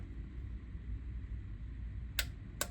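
A torque wrench tightens the first gearbox pan bolt on a transmission over a steady low hum. Two sharp clicks are heard at 2.2 s and 2.6 s as the wrench reaches its setting, confirming the bolt is torqued.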